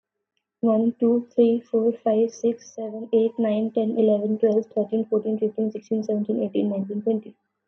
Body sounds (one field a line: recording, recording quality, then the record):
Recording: counting at a fast pace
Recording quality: excellent, no background noise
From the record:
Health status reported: healthy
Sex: female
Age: 18 years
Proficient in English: yes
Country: India